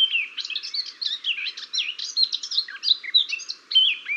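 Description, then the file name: Eurasian blackcap delivering a dense, rapid warble of whistled and chattering notes that flicker up and down in pitch. "Sylvia atricapilla"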